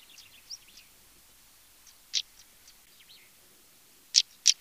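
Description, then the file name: European stonechat uttering sharp, dry clicks, a lone one then a quick pair near the end, with faint high whistles and soft chirps early on. "Tarier patre"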